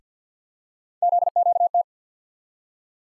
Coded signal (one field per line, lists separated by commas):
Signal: Morse code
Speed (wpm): 50 wpm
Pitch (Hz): 700 Hz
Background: none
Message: ZQT